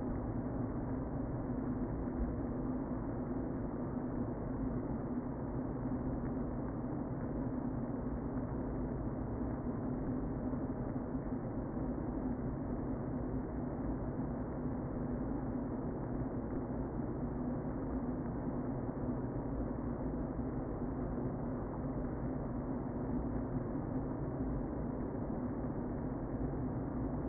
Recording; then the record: honeybee colony, microphone inside the hive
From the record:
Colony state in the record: queen present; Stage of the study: before two queens were removed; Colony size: about 60,000 bees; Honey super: yes